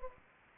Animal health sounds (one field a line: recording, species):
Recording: mosquito wingbeat signal from an infrared sensor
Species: Anopheles gambiae